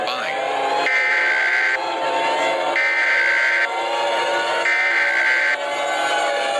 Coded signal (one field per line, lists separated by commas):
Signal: Emergency Alert System (SAME) tones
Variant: header bursts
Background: speech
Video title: eas scenario gmx virus chapter t f l n